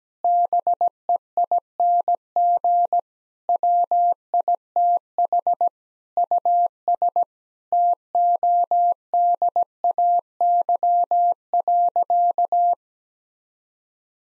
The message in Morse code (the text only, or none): BEING WITH US TODAY.